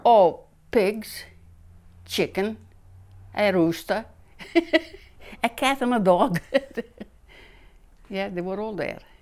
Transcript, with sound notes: Oh, pigs, chicken, a rooster. ( she laughs ) A cat, and a dog. ( she laughs ) Yeah, they were all there.